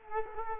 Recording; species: mosquito wingbeat signal from an infrared sensor; Culex quinquefasciatus